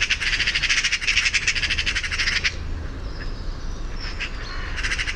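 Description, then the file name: Eurasian magpie chattering: a harsh, rapid rattle of dry pulses for about two and a half seconds, a quieter pause, then the rattle starting again near the end. "Pica pica"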